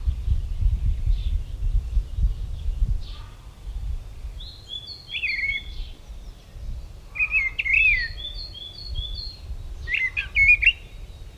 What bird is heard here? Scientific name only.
Turdus viscivorus